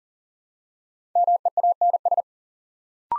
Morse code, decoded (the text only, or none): MEANS